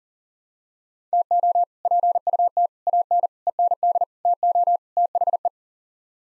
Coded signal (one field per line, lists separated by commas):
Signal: Morse code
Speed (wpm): 37 wpm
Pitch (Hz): 700 Hz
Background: none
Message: TO PUT AN END TO THE